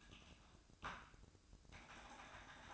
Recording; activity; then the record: daily activity, microphone in the room; typing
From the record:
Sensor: 2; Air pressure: 1007.5 hPa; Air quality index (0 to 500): 43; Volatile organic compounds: 1 ppm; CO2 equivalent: 549 ppm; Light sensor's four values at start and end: 8/21/8/9 and 8/21/8/9